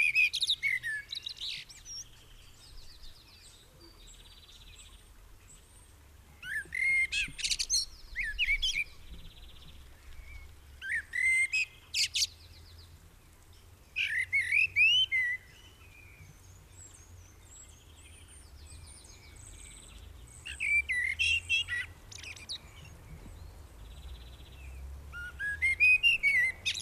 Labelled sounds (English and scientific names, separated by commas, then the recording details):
Common Blackbird (Turdus merula) song
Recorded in the wild
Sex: male
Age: adult
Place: Garmisch-Partenkirchen, Bayern, DE
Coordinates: 47.4878, 11.0786
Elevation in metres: 704
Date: 1967-04-02
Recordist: Tretzel, Erwin